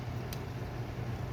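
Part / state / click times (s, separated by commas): fitted part on a toy vehicle / seated / 0.3 s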